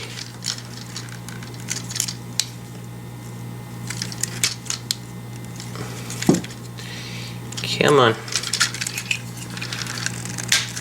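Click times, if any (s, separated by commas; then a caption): 10.5 s. A plastic leg piece is slid into the leg of a MakeToys MTCM-04C Vulcan transforming robot figure, with repeated small plastic clicks and scrapes as it resists, while someone talks. It finally clicks into place at 10.5 s, and the piece is seated.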